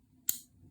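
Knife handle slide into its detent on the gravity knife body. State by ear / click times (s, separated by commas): seated / 0.3 s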